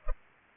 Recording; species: mosquito wingbeat signal from an infrared sensor; Culex pipiens